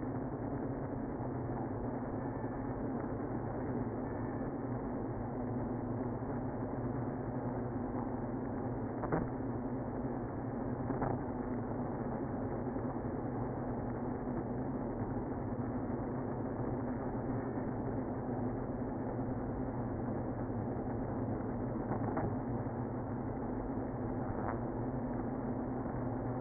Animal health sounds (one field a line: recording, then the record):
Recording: honeybee colony, microphone inside the hive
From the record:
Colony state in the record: queenless (queen removed)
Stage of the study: after two queens were removed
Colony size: about 60,000 bees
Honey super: yes